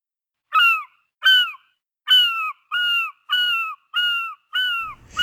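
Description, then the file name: Bird calls, harsh downslurred notes repeated several times in a steady series, with a brief low rumble at the end. "vogel"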